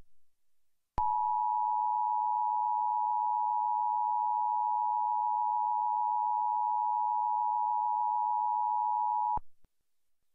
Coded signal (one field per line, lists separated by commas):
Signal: Emergency Alert System (SAME) tones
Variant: 853 and 960 Hz attention tone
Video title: (English) EAS ALERT FLASH FLOOD WARNING Los Angeles Scenario